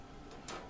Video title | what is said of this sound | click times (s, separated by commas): Proximate Analysis - Percent Fat | the rack in one hand push the arm down until it clicks into place with the other hand | 0.5 s